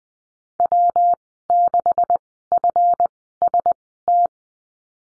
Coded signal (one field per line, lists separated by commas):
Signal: Morse code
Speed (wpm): 20 wpm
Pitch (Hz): 700 Hz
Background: none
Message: W6FST